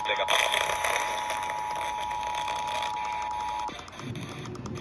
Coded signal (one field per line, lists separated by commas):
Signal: Emergency Alert System (SAME) tones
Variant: 853 and 960 Hz attention tone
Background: speech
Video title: EAS- More Monsoon Storm Alert Catches, an RMT, and a NWR Weekly (8/26/25-8/27/25)